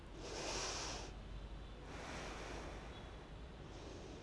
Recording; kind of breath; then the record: one breath in and out by a microphone near the nose and mouth; deep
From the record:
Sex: female